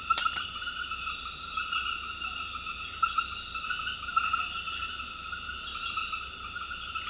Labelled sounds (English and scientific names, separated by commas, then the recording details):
none
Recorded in dense forest near Puerto Asís, Putumayo, Colombia, on 18 February 2024 at 22:30
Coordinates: 0.484, -76.317
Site G6464